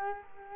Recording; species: mosquito wingbeat signal from an infrared sensor; Culex quinquefasciatus